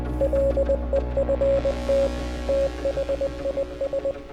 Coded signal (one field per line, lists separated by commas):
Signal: Morse code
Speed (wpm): 20 wpm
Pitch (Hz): 550 Hz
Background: music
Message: LEFT THIS